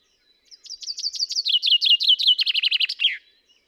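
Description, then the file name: Common chaffinch song, about two and a half seconds of crisp repeated notes falling in pitch by stages, closing with a brief terminal flourish in near silence. "Fringilla coelebs"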